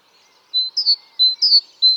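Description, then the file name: Great tit giving a flat whistled note then a quick higher double note, repeated twice, then starting again. "Parus major"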